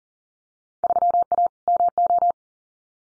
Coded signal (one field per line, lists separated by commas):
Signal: Morse code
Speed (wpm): 40 wpm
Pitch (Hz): 700 Hz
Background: none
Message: 3A MO